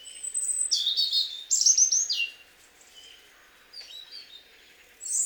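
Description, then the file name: European robin opening with a bright, high warbling phrase, followed by soft scattered notes and a pause. A fresh high phrase begins just before the end. "Erithacus rubecula"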